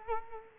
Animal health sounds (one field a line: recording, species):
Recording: mosquito wingbeat signal from an infrared sensor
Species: Culex quinquefasciatus